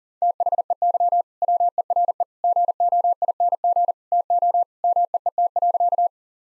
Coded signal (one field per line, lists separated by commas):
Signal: Morse code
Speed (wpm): 37 wpm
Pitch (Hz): 700 Hz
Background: none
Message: THEY WERE GOING TO MEET.